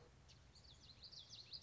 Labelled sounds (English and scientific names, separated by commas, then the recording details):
Common Yellowthroat (Geothlypis trichas)
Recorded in Sonoma County, California